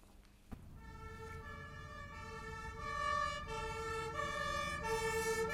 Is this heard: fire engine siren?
yes